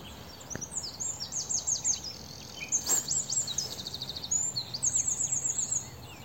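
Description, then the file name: Eurasian wren delivering rapid, high-pitched trills and buzzy note series in several bursts throughout, with steady background hiss. "Troglodytes troglodytes"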